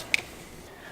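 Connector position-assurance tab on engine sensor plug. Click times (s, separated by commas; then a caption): 0.1 s. The grey secondary locking tab, a connector position-assurance tab on the plastic engine sensor plug of a VW Golf GTI (also Golf R and Audi S3) during a RaceChip tuning installation, is pressed home. A single loud, sharp snap at 0.1 s stands out against a quiet background. The tab snaps shut and the connector is seated.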